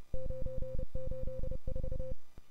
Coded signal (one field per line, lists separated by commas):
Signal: Morse code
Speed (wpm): 29 wpm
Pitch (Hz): 520 Hz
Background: none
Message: 984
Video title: 2022-08-14 WT2P WAE CW With QTC